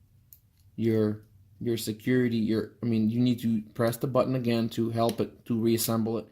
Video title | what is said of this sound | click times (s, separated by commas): How to replace keyfob battery on a Land Rover Range Rover Sport Step by Step | Once you hear a click like that, everything went back in place and you're done. | 0.3 s